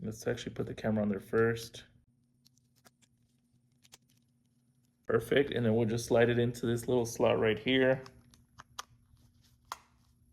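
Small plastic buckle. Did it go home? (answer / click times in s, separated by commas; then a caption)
yes / 9.7 s. An action camera already fixed on its plastic quick-release buckle is slid into the slot on a chest harness mount while someone talks. Light plastic handling sounds follow, then a sharp click at 9.7 s as the buckle latches and seats in the mount.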